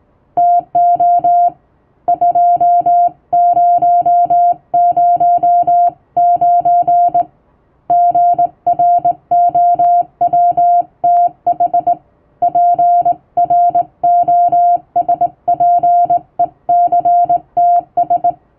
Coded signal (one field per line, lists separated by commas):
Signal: Morse code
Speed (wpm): 20 wpm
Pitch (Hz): 700 Hz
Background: music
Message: TO 2009 GROWTH PROSPECTS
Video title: 毎日聴いてモールスラーニング！アマチュア無線ハムの受信練習用に綺麗な手打ちで平文の欧文モールス信号を叩いてみました。YouTubeの再生速度を調整して聴こう(morse code learning)